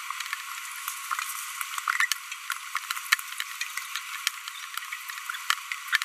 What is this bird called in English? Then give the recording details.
Green-rumped Parrotlet. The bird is a female. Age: 25 days. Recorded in a nest box in Venezuela. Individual 17B42B1